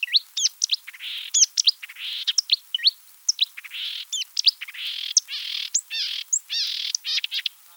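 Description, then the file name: Marsh Warbler song: a fast, varied stream of high chattering notes, buzzy trills and sharp rising whistles, pouring out with barely a pause. Recorded on 7 July 1984 in a marsh in France. "Rousserolle verderolle 19840707 marais-Frane"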